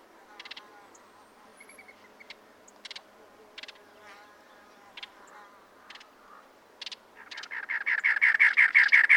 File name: Cactus Wren